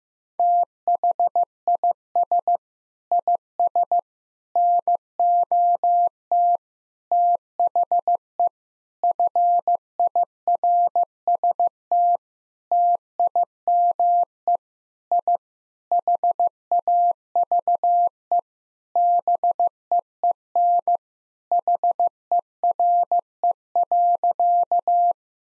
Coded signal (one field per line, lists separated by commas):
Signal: Morse code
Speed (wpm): 15 wpm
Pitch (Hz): 700 Hz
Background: none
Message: THIS IS NOT THE FIRST TIME I HAVE BEEN HERE.